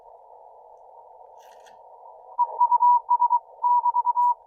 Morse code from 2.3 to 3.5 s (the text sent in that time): EUS